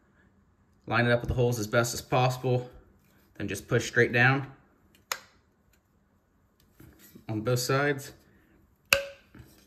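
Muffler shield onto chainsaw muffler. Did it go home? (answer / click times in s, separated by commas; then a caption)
yes / 8.9 s. A plastic/metal muffler shield on a Stihl MS250 (025) chainsaw, part of a muffler modification, is lined up with the holes and pushed straight down onto the muffler on both sides while someone talks. A sharp, loud click at 8.9 s shows the shield has snapped on and is seated.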